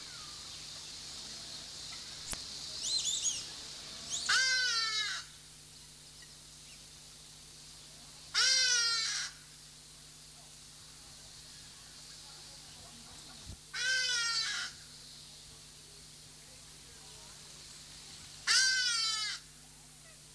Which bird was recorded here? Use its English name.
Hadada Ibis